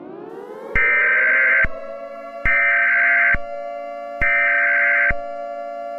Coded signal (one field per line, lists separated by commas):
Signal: Emergency Alert System (SAME) tones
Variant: header bursts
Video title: Mini EAS Scenario #2 - 3 Waves